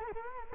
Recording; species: mosquito wingbeat signal from an infrared sensor; Culex quinquefasciatus